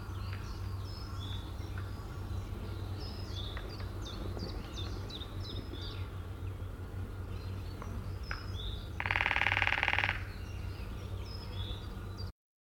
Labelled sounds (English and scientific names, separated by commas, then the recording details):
Lesser Spotted Woodpecker (Dendrocopos minor) drumming
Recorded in the wild
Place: Blumenholz, Mecklenburg-Vorpommern, DE
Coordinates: 53.36, 13.073
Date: 1979-04-20 06:00
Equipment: Nagra III BH, Sennheiser MD 21, parabola
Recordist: Schubert, Michael
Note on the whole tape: Trommeln Kleinspecht